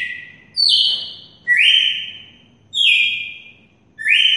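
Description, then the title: Red-cowled cardinal whistling several long, level, ringing notes, roughly one a second, alternating higher and lower in pitch. Female red-cowled cardinal from Mossoró, Brazil, singing in the song style locally called "açoite". "Canto Galo Campina Fêmea. Galo de campina MOSSORÓ só no açoite"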